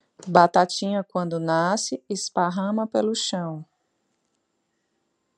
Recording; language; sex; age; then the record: short text; Brazilian Portuguese; female; 30 to 39 years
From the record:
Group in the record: control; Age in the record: 38 years